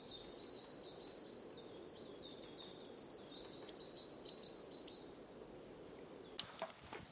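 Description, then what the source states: Goldcrest song: a string of repeated high notes, then a shimmering, very high twittering flourish, followed by a few sharp clicks near the end. Singing bird among a few spruces in an extremely dry place overgrown with marsh Labrador tea; its high-pitched song is not heard by everyone.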